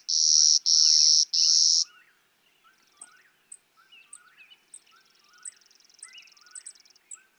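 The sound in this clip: Clay-colored sparrow opening with three loud flat buzzes, then a background of chirps, high pips and a long faint buzzy trill from other birds.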